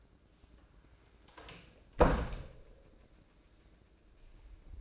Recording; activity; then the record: daily activity, microphone in the room; close door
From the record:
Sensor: 2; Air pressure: 1012.2 hPa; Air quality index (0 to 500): 163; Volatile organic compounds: 2 ppm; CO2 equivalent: 1189 ppm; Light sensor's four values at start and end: 290/723/292/301 and 292/728/294/303